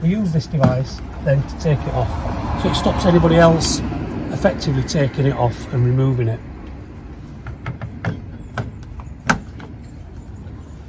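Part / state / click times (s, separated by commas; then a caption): van alarm unit into its vehicle mounting bracket / seated / 9.3 s. Someone talks while a VanGuardian van alarm unit is fitted into its vehicle mounting bracket, a mount it can only be removed from with a special tool. Several small handling taps follow, and then a sharp, loud click at 9.3 s as the unit seats and locks in place.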